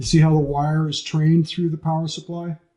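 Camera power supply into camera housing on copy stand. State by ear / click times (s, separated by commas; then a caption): not seated / none. A camera power supply is handled at its camera housing on a copy stand, with its wire run through it, while someone talks. Nothing has seated or clicked yet.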